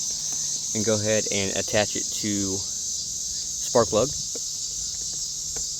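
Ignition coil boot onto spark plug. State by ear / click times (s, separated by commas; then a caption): not seated / none. The boot of a new NCY ignition coil is being lined up on an NGK CR7HIX spark plug on a Gen 5 Maddog 150, not yet pushed home. Someone talks over a steady high-pitched, insect-like drone. Nothing has seated or clicked yet.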